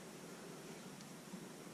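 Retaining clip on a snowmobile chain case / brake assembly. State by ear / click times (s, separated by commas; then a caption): not seated / none. A retaining clip on the chain case and brake assembly of a Yamaha Nytro snowmobile is handled and pushed toward its mount during reassembly, under steady, even broadband noise. Nothing has seated or clicked yet.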